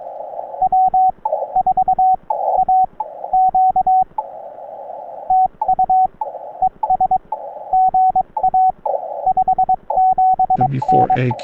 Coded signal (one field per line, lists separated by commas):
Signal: Morse code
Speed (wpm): 22 wpm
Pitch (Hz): 750 Hz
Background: radio noise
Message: W4AQ TU ES GA 57N